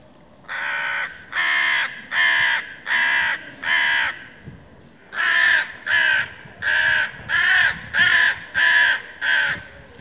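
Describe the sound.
Crow giving rasping caws, five in an even row, a short pause, then about seven more at the same brisk pace.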